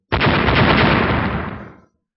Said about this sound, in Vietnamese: Lại là một chuỗi âm thanh nổ tung cực lớn vang lên, vô số kim quang bay ra tung tóe